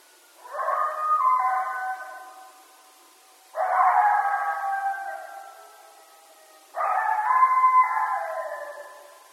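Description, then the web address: Coyote howls: three long, harmonic-rich cries, each starting sharply and tapering off, repeated about every three seconds. Several coyotes, recorded 1 October 2012. "Coyote 2012 10 01 Coyotes"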